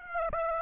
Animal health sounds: mosquito wingbeat signal from an infrared sensor; Aedes aegypti

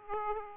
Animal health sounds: mosquito wingbeat signal from an infrared sensor; Aedes aegypti

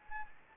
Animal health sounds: mosquito wingbeat signal from an infrared sensor; Anopheles gambiae

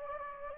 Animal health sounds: mosquito wingbeat signal from an infrared sensor; Anopheles gambiae

